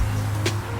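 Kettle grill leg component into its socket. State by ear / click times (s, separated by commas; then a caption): not seated / none. A Weber kettle grill leg component is handled and moved toward its socket during assembly, over a steady low hum. A brief broadband scraping hiss comes at about 0.5 s and a louder rush at about 0.8 s. Nothing has seated or clicked yet.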